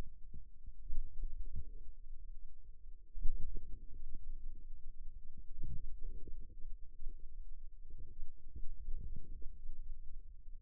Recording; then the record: forearm muscle sounds (acoustic myography)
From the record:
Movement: ulnar deviation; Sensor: system 2, bracelet of six BSWA MPA416 microphones around the upper forearm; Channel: 5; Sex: female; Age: 22 years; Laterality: right